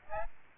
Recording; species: mosquito wingbeat signal from an infrared sensor; Aedes albopictus